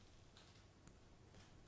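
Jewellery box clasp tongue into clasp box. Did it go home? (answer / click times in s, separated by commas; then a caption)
yes / 0.9 s. A silver box clasp's tongue is pushed into its box on a bracelet, giving a faint, sharp click at 0.9 s over a quiet background. The clasp is seated and secure.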